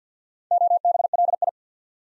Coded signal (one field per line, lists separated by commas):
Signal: Morse code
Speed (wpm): 49 wpm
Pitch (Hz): 700 Hz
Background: none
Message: OBLI